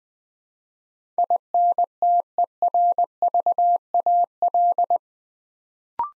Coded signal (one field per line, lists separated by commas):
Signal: Morse code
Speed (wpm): 20 wpm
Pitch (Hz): 700 Hz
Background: none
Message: INTERVAL